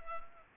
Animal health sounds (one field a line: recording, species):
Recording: mosquito wingbeat signal from an infrared sensor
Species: Culex pipiens